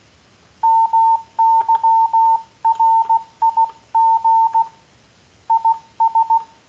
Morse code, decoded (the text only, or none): MY RIG IS